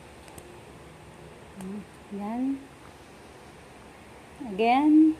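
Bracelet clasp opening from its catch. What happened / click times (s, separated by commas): The small clasp clicks open / 0.3 s, 0.4 s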